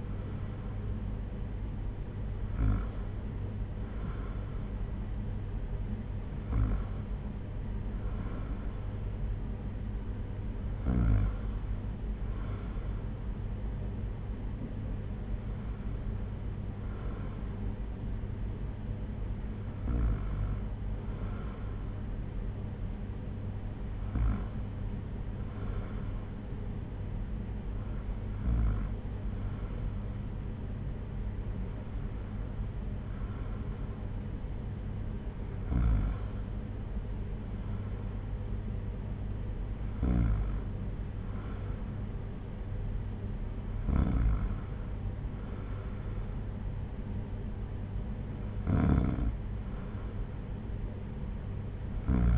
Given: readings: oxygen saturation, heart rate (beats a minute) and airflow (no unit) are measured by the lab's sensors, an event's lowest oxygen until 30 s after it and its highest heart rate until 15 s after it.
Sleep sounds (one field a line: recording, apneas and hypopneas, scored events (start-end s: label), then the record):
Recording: breathing in sleep by a smartphone at the bedside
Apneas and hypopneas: none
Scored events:
7.00-52.38 s: new sleep stage, N2 (light sleep)
From the record:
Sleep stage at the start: N1 (lightest sleep)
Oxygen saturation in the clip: 94 to 95%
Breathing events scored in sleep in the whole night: 226 in 8.8 hours asleep